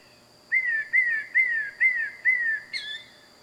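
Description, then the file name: Bird call: a series of five clear whistled notes, each slurring downward, repeated about twice a second, ending with a sharper higher note, over background hiss. At night. "Loud Night Bird Animals Wild"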